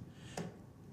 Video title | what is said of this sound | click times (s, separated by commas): Build Your Own Flight Simulator PC: Part 2. Assemble it and Turn it On | There we go. There's the click I was looking for. The one on the far end clicked. This one clicked. They're in. | 0.4 s